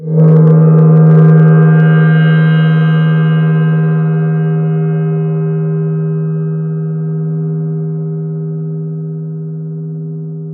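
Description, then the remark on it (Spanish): A single low-pitched tone with rich harmonics, struck and then held for about ten seconds while it slowly fades. It sounds alone, with no voices over it. “La tercera cualidad es la duración, que nos permite distinguir un sonido corto a un sonido largo.”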